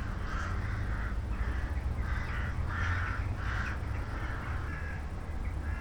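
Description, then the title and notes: Crows cawing from a flock, harsh calls repeated in quick bursts, over a steady low rumble of background noise. Flock of crows in the evening sky, late evening at night, St. Peter-Ording, Germany. "St. Peter-Ording, 25826 Sankt Peter-Ording, Germany - crows at night kraehen am spaeten abend. ein kraehenschwarm am abendhimmel. a swarm of crows at night sky"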